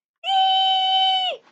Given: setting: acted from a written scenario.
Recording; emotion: vocal sound without words; elation